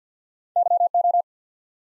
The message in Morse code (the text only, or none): Y O